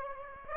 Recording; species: mosquito wingbeat signal from an infrared sensor; Aedes aegypti